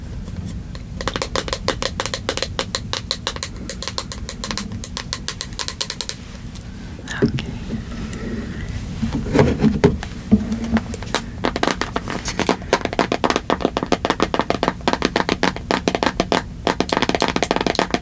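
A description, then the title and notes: Fast, aggressive tapping comes as dense streams of sharp clicks, pausing briefly around seven seconds before resuming even harder. A low steady hum runs underneath throughout, and the taps crowd together most thickly in the final ten seconds. Tapping, Calming Triggers. Aggressive Tapping.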